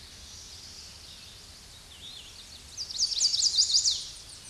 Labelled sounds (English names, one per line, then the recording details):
Chestnut-sided Warbler song
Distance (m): 15 m
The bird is about 5 m above the microphone
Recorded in a Pennsylvania forest on 16 May 2024 at 07:52
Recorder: AudioMoth, point MSD-2443
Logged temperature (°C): 16.4 °C
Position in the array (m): 170 m, 175 m